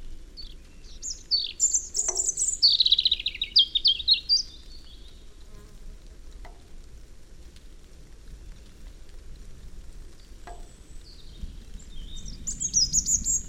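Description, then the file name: European robin song, a high phrase of thin whistles and quick falling trills, a few sharp clicks, and another high phrase at the end. "Erithacus rubecula"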